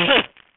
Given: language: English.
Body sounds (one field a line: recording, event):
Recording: throat vibration sensor signal played as sound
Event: cough